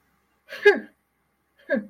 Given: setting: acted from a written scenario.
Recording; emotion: vocal sound without words; anger